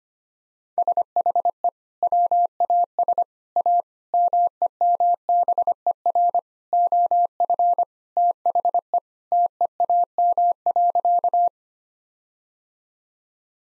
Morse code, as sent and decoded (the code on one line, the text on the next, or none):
... .... . / .-- .- ... / .- / -- . -- -... . .-. / --- ..-. / - .... . / - . .- -- .-.-.-
SHE WAS A MEMBER OF THE TEAM.